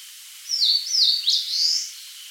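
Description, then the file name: Eastern crowned warbler sings one loud, high phrase of falling swoops that ends in an upslurred note, backed by a steady high hum. "Phylloscopus coronatus"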